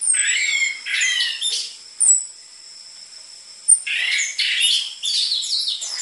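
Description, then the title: Orange-headed thrush song, loud jumbled phrases of varied chirps and slurred notes in two bursts separated by a quiet gap, with a steady high whine running throughout. Lure recording for training caged birds, with dense filler material used as a model for tutoring spotted-variety orange-headed thrushes; the bird sings actively. "PANCINGAN Anis Merah Gacor Materi Isian Rapat Cocok Untuk MASTERAN Anis Merah TROTOL"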